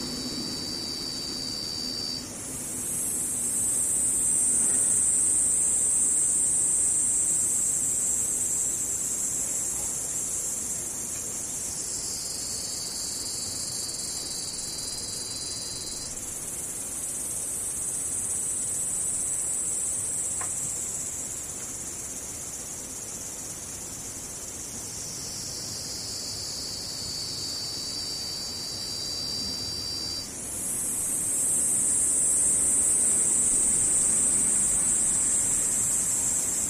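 Cicadas drone in a continuous high, hissing buzz that shifts pitch in slow waves, rising around 3 and 30 seconds and dipping lower near 12 and 25 seconds. The loudness swells and fades with these shifts over a faint low rumble.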